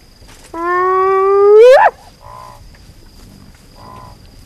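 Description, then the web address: Spotted hyena giving a single long whoop, a steady harmonic note that rises and ends in a sharp upward sweep, followed by soft nasal hums and a faint steady whine. "earth naturelibrary assets s sp spotted hyena"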